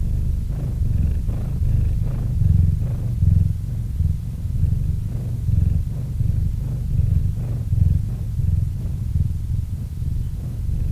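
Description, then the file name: Cat purr, a low rumble with uneven pulsing, breaths coming a little over once a second. Cat named Murchik purring into a microphone. "Kot Murchik - Murchanie kota kot murchal v mikrofon"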